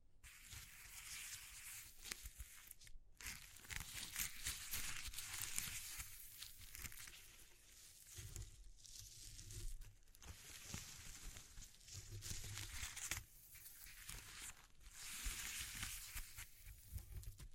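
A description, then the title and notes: Dense, crackling rustles of material being handled and crumpled, with bright, gritty noise in bursts. The texture stays busy throughout, broken by brief pauses near 3, 9, 10, 13 and 15 seconds, while soft low thumps sit underneath. ASMR Exploring Textures (No Talking).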